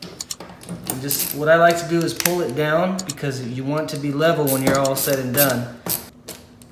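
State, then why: Seated. A bolt with a split lock washer is hand-tightened into the threads of a metal wall-mount bracket on the back of a TV while someone talks, with light metallic clicks early on. At 6.3 s the lock washer pops flat as it compresses, leaving the bracket seated, secure and not moving.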